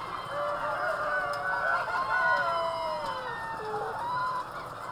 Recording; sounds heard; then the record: poultry house recording; healthy chickens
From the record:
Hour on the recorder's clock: 3